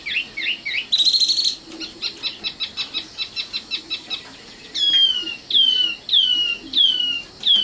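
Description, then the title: Oriental magpie-robin song: twittering notes, then a fast stuttering run of short chips, then loud drawn-out whistles sliding downward, repeated several times. Kacer song. "Kicau Kacer"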